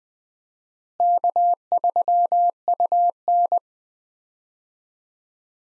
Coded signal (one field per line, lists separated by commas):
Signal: Morse code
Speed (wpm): 20 wpm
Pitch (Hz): 700 Hz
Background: none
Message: K3UN